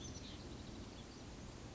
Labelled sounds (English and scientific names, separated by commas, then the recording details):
Oak Titmouse (Baeolophus inornatus)
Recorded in Sonoma County, California